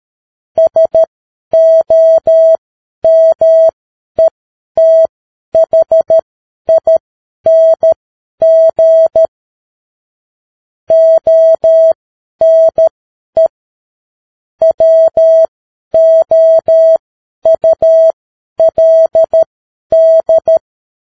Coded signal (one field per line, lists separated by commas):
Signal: Morse code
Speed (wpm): 13 wpm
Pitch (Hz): 650 Hz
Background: none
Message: SOMETHING ONE WOULD